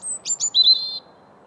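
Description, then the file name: European robin song phrase: a very high thin whistle, two quick notes, then a wavering sustained whistle. "Erithacus rubecula"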